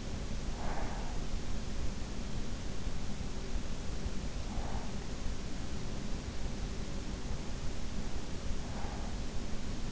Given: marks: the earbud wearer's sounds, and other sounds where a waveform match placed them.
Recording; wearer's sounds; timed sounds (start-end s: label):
sounds in sleep by an in-ear microphone; breath
0.00-1.86 s: breath